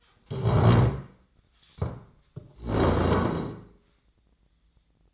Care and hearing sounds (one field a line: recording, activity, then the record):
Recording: daily activity, microphone in the room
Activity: stand up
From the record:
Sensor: 3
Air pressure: 1012.3 hPa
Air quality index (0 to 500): 170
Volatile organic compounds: 2 ppm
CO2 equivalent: 1304 ppm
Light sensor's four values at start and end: 103/222/111/121 and 82/185/90/97